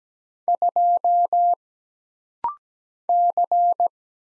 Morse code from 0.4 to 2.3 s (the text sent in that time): 2